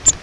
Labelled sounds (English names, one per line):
Grace's Warbler flight call